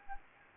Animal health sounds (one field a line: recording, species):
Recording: mosquito wingbeat signal from an infrared sensor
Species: Anopheles gambiae